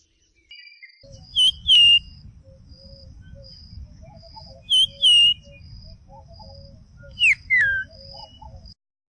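Common iora song: paired whistled notes, the second sliding downward, repeated about every three seconds over a low rumbling background.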